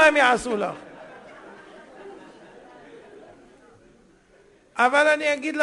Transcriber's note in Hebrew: הקהל צוחק